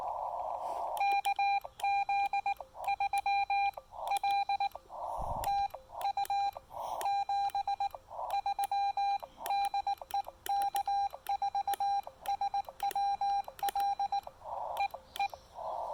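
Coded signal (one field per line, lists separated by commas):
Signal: Morse code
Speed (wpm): 18 wpm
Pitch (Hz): 800 Hz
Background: none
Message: KZ3L TU 73 DE K4SWL E E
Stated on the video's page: Sent during a casual trailside QRP park activation using a Xiegu X5105 with a PackTenna 9:1 unun antenna.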